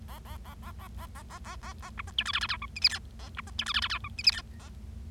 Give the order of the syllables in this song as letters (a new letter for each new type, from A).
A A A A A A A A A A A B C D E F F G H I J K A B C D E F F G H I J K A